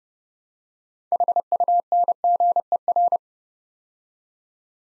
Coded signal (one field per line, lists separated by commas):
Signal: Morse code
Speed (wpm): 30 wpm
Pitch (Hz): 700 Hz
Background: none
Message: HUNGER